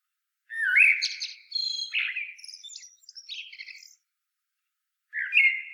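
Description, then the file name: Common blackbird singing a low, sweet, slurred warble that breaks into a high, wheezy twitter; a new fluted phrase begins near the end. "Turdus merula"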